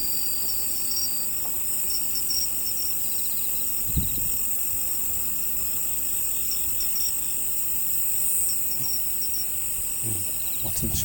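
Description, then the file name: Crickets trilling shrilly and steadily with pulsed chirps, interrupted by a few low thuds. "crikets"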